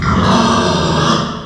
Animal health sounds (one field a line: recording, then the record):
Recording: squeal of a Yucatan mini pig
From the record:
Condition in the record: after surgery on the right vocal fold (resection and tissue-engineered implant)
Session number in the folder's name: 16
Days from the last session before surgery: 183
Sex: female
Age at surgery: 19 weeks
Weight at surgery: 25 kg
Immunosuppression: prednisolone